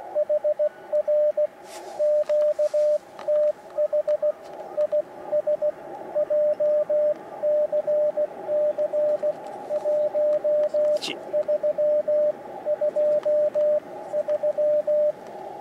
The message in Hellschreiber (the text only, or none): none